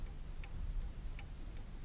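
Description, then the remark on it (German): An old clock with a golden grille above the fireplace ticks steadily, five crisp, bright ticks spaced evenly about every 0.4 seconds over a low, quiet rumble, with no voices. “Die alte Uhr da oben über dem Kamin mit dem goldenen Gitter. Hören Sie”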